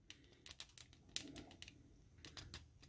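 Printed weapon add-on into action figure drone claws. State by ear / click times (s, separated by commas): seated / 1.2 s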